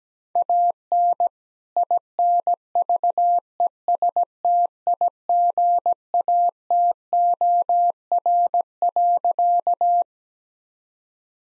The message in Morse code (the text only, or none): AN INVESTIGATOR.